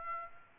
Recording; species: mosquito wingbeat signal from an infrared sensor; Aedes aegypti